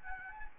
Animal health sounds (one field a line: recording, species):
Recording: mosquito wingbeat signal from an infrared sensor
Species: Anopheles arabiensis